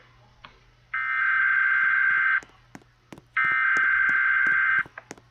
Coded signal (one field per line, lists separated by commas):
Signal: Emergency Alert System (SAME) tones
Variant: header bursts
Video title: tornado EAS TEST